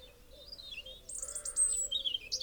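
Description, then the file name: European robin giving thin, high warbling notes that slide up and down, over a low background hum. "Erithacus rubecula"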